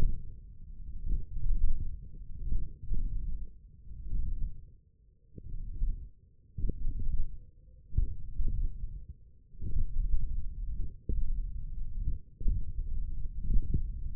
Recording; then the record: forearm muscle sounds (acoustic myography)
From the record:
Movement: thumb flexion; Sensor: system 1, eight BSWA MPA416 microphones around the upper forearm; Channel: 5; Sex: male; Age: 20 years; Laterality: left